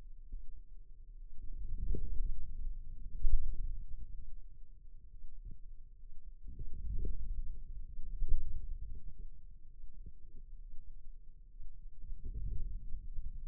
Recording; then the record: forearm muscle sounds (acoustic myography)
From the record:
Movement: inward rotation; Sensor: system 2, bracelet of six BSWA MPA416 microphones around the upper forearm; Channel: 6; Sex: male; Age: 22 years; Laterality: right